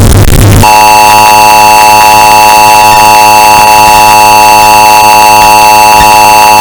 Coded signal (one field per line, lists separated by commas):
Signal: Emergency Alert System (SAME) tones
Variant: 853 and 960 Hz attention tone